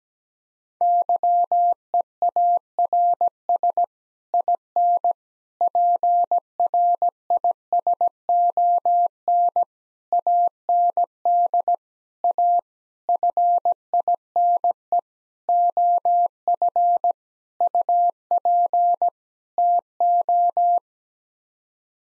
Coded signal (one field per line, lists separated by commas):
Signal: Morse code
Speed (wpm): 17 wpm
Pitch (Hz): 700 Hz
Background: none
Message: YEARS IN PRISON AND A FINE OF UP TO